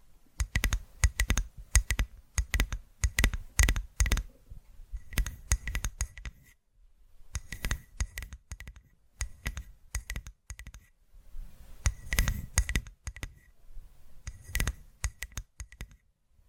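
Quick tapping and scratching triggers come in dense clusters of sharp clicks, each a crisp snap with a bright edge. Bursts run for a few seconds, pause briefly near six and eleven seconds, then resume with softer brushing between the sharper taps.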